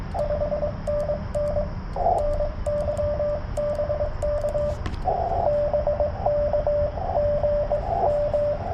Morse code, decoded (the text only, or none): 5NN NY BK BK GM